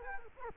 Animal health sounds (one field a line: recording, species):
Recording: mosquito wingbeat signal from an infrared sensor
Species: Culex quinquefasciatus